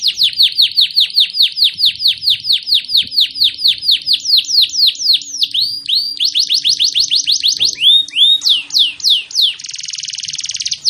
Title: LANGSUNG NYAUT GACOR DOR Kenari Manasaja, Dengan Kicau Kenari GACOR NGOTOT ROLL PANJANG